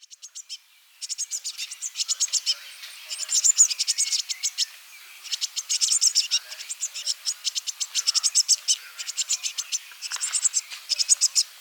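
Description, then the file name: Eurasian blue tit giving rapid, buzzy churring calls, dense trains of high scratchy notes repeated in bursts with brief pauses. "Cyanistes caeruleus"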